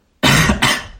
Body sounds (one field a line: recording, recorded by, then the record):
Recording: voluntary cough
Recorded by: messaging app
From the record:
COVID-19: negative